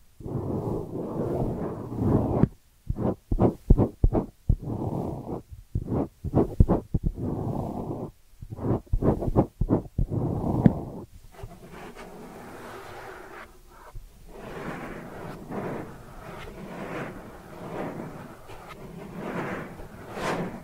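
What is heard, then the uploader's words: Ear cleaning triggers: rough, muffled scratching strokes come in quick bursts with short silent gaps for the first eleven seconds. The sound then shifts to a softer, airier, continuous brushing that swells and fades in a steady rhythm until the end. Ear Cleaning Triggers.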